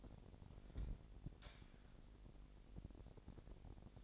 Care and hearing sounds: daily activity, microphone in the room; light on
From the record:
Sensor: 5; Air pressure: 1012.0 hPa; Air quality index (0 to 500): 247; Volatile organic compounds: 5 ppm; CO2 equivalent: 1705 ppm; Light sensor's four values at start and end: 40/94/39/41 and 42/100/41/44

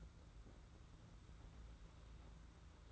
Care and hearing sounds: daily activity, microphone in the room; place on stove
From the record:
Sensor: 3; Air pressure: 991.9 hPa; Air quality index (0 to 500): 226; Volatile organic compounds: 1000 ppm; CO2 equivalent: 7788 ppm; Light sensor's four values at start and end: 26/78/32/27 and 26/78/32/27

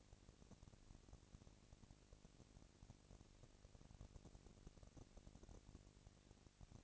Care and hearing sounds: daily activity, microphone in the room; no activity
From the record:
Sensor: 4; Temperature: 22.3 degrees Celsius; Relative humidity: 31.9%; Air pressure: 997.9 hPa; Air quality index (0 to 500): 203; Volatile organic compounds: 17 ppm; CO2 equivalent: 2566 ppm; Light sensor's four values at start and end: 2/3/1/1 and 2/3/1/1

